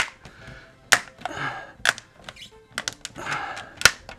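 A plastic diffuser cover, squeezed slightly rounder, is pressed into an LED light-strip track, and it snaps in with loud, sharp clicks at 0.0, 0.9, 2.8 and 3.9 seconds, with quieter plastic rubbing and creaking between them. The cover seats into the track as it goes.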